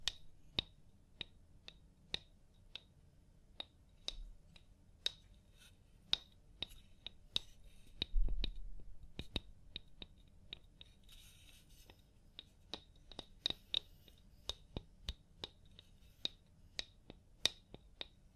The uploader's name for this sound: Personal Attention Scalp Massage, Hair Wash